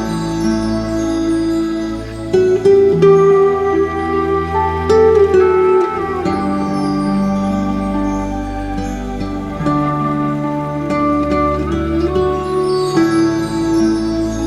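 Slow meditation music built from long, sustained tones over a deep, steady low drone. The chords shift gently every few seconds, with soft note changes around the 2, 5, 6, 10 and 13 second marks, and the level stays even throughout.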